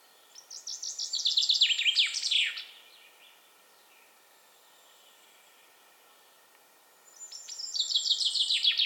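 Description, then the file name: Common chaffinch song, a cascading trill of sharp notes dropping in pitch and ending in a flourish, followed by quiet, then another phrase starting near the close. "Fringilla coelebs"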